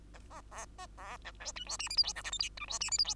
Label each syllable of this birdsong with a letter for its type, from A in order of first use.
A A B A B C D E F G H I J K L M N E F G H I J